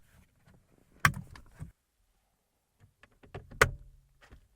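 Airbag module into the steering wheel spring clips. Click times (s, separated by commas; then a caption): 1.1 s, 3.6 s. An airbag module on a Skoda Fabia Mk1 (1999–2007) is aligned on its springs and spigots and pushed firmly into the steering wheel. Two loud clicks are heard at 1.1 s and 3.6 s, one for the retaining clip on each side, with softer rattles and handling sounds around them. The airbag module is seated, clipped home on both sides.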